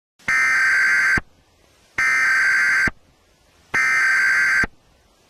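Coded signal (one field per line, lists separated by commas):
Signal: Emergency Alert System (SAME) tones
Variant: header bursts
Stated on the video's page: Fictional scenario alert, not real, about aliens taking over Tennessee.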